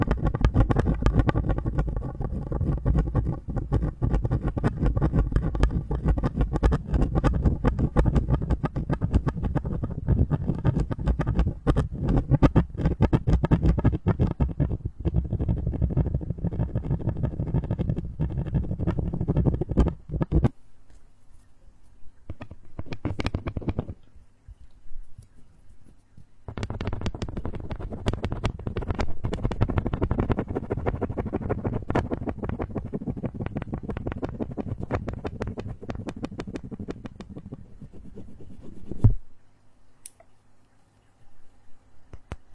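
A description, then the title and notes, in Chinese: Strange material sounds: a dense, rough rumbling and crackling scrape fills the first twenty seconds, low and heavy with scattered sharp ticks. After a near-silent gap with a few brief bursts, a softer scraping texture returns, ending in a sharp snap around 39 seconds before a faint hum. 奇怪的材料音｜类似小马达震动的声音、小木块、炸耳朵等。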